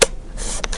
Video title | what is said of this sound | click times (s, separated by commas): universal eatin tray 2012.AVI | this belt right here will give it extra stability and support to stop the toddler from moving and locks in place. | 0.0 s